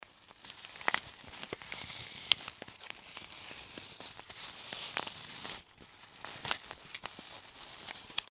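Dense, brief popping and crackling clicks, with a short quieter lull midway, over a soft breathy hiss. These are lung crackles, discontinuous sounds from small airways snapping open or air moving through fluid.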